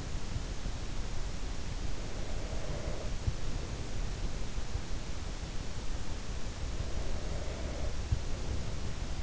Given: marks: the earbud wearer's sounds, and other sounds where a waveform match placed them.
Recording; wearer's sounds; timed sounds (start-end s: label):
sounds in sleep by an in-ear microphone; breath
1.43-4.93 s: breath
6.68-9.22 s: breath